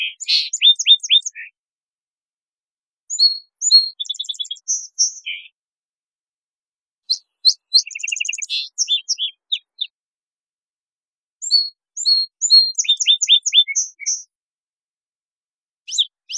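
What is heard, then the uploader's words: A Song Sparrow sings four separate songs, each roughly two seconds long, near the start and then about every four seconds. Each is a quick, bright run of clear notes, buzzy trills and sharp chips. There is silence in between. Song Sparrow, Melospiza melodia, Song, parabolic recording, clean-processed for clarity, natural pace and rhythym maintained, family: New World Sparrows. Recorded in the beautiful Pacific Northwest, Washington, United States.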